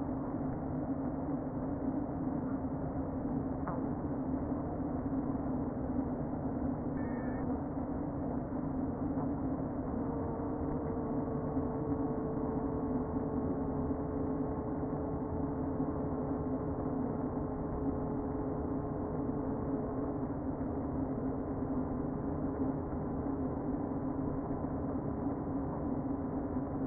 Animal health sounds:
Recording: honeybee colony, microphone inside the hive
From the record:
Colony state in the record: queen present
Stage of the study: before two queens were removed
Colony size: about 60,000 bees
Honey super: yes

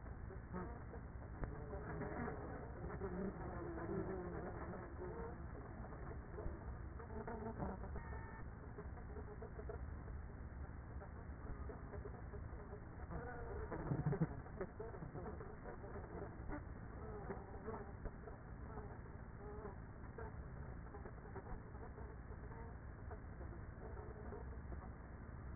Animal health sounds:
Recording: honeybee colony, microphone inside the hive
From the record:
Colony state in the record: queenless with a low population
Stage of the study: after two queens were removed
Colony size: about 30,000 bees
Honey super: no

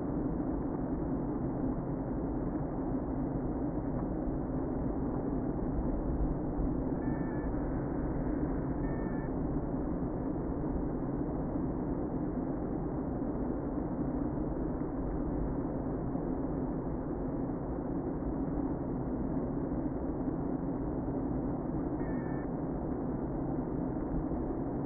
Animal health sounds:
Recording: honeybee colony, microphone inside the hive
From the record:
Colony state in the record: queen present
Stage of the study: before two queens were removed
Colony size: about 60,000 bees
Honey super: yes

